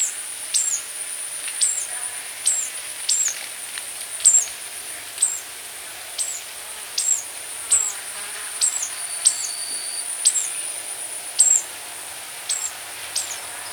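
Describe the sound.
Ruby-cheeked sunbird giving a run of piercing high, clipped notes about once a second, each with a quick downward flick, against a constant shrill drone.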